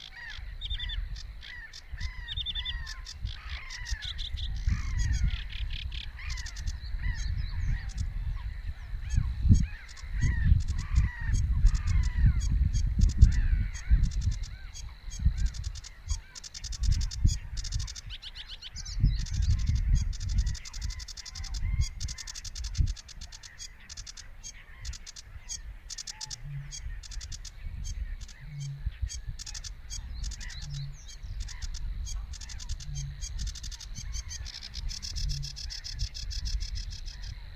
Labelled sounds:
Sedge Warbler song
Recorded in the wild
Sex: male
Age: adult
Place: Warsow, Kummerower See, Mecklenburg-Vorpommern, DE
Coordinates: 53.8369, 12.8325
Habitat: wetland
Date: 2012-05-24 04:35
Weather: 8°C, sunny, weak winds from NE
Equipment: Sound Devices 702, Sennheiser MKH 70, Rycote Windschutz
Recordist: Frommolt, Karl-Heinz

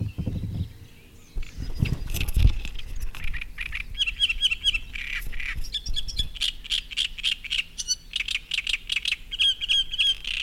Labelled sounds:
Great Reed Warbler
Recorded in the wild
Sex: male
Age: adult
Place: Seddinsee, Berlin, DE
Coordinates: 52.38, 13.68
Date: 1989-05-19
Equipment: Uher 4400 Report Monitor, Sennheiser ME 80, K 30 AV
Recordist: Fischer, Stefan

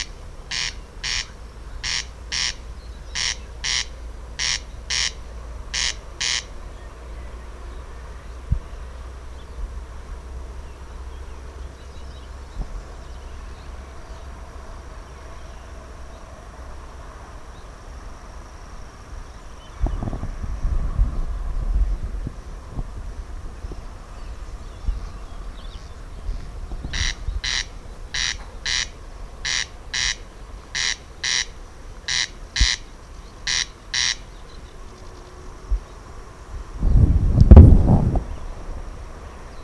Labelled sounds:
Corn Crake
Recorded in the wild
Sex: male
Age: adult
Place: Schwedt/Oder, Nationalpark Unteres Odertal, Brandenburg, DE
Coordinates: 53.0413, 14.0413
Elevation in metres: 1
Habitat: grassland
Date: 2017-06-19 21:41
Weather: clear, 18°C, weak wind from East
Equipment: Olympus LS-3, Olympus ME31
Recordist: Frommolt, Karl-Heinz

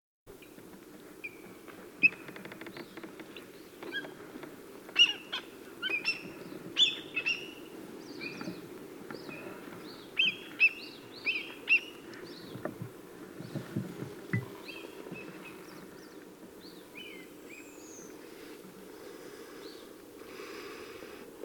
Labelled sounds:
Black Kite call
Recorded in the wild
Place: Chudjirt, MN
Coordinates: 47.013, 102.255
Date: 1979-06-07
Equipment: Nagra III BH, Sennheiser MD 21, parabola
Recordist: Schubert, Michael

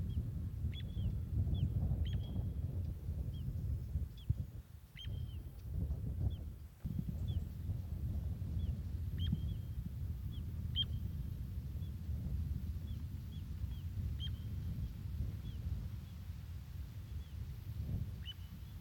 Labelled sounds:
Little Ringed Plover call
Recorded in the wild
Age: juvenile
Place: Flemmingen, Thuringia, DE
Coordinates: 50.9385, 12.6332
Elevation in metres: 250
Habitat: gravel pit
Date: 2024-07-27 15:16
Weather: 20-25°C, cloudy
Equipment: Sound Devices MixPre6, Sennheiser MKH8060
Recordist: Frommolt, Karl-Heinz

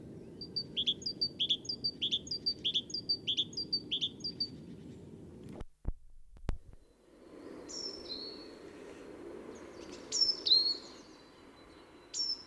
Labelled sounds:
Great Tit call
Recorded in the wild
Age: adult
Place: Kaiserslautern, Rheinland-Pfalz, DE
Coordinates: 49.4372, 7.80972
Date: 1978-02-28
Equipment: Nagra IV, Sennheiser MKH 405, Parabolreflektor
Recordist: Tretzel, Erwin
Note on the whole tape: Alte Buche: verschiedene Rufformen der Kohlmeise

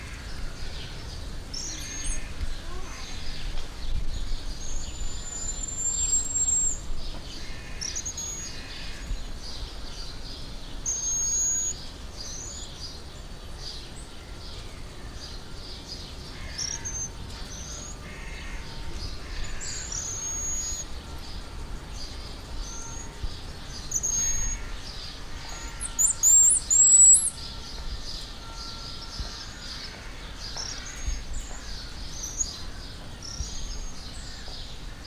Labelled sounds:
Black-mantled Tamarin
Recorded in captivity
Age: adult
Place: Zoo Berlin, Berlin, DE
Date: 1998-06-20 13:30
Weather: wolkig - heiter, 22°C
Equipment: Sony MD-WM MZ-R3, Sennheiser ME 80, Kopie Uher 4000 Report Monitor
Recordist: Tembrock, Günter

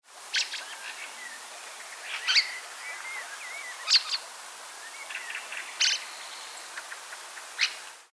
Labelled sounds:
Fieldfare
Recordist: Frommolt, Karl-Heinz
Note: Rufe

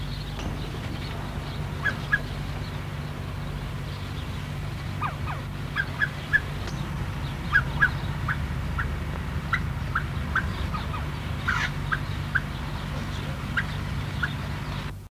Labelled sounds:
Himalayan Monal call
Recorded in captivity
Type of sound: call
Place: Zoo Gelsenkirchen, Nordrhein-Westfalen, DE
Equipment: Halbspur, 9,5 cm/s
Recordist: Lütgens, Hans
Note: Rufe

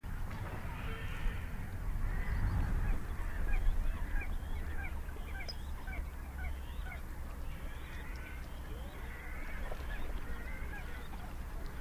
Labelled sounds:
Little Crake
Red-necked Grebe
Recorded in the wild
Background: Podiceps grisegena
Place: Kützerhof, Kummerower See, Mecklenburg-Vorpommern, DE
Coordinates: 53.8525, 12.8719
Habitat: wetland
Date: 2011-04-18 23:47
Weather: clear, full moon, 10°C, weak northerly winds
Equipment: Sound Devices 702, Sennheiser MKH 70, Rycote Windschutz
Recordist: Frommolt, Karl-Heinz
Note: Polder Kleine Rosin: Entfernte Rufreihe eines männlichen Kleinen Sumpfhuhnes

